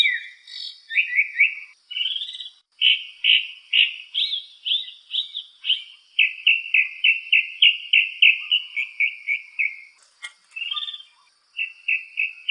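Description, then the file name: Mockingbird song, a fast run of bright chirped notes, each phrase repeated several times before changing to a new one, with brief pauses between. "mockingbird ekorpanjang"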